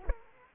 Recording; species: mosquito wingbeat signal from an infrared sensor; Aedes aegypti